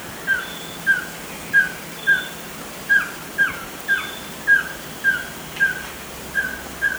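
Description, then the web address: White-streaked antvireo calling: a series of short whistled notes, about twelve in seven seconds, with a hissy background. Recorded in Ecuador. "Birds of Ecuador 29 White-streaked Antvireo"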